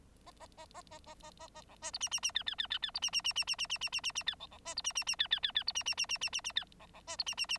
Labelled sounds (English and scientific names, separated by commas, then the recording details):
Bengalese Finch (Lonchura striata domestica) song
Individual Bird9